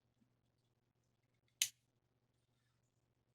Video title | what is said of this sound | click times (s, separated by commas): Rockstead Higo II | a little click as well and | 1.6 s